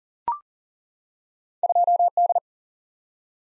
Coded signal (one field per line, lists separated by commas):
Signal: Morse code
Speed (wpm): 40 wpm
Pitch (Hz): 700 Hz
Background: none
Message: 2 D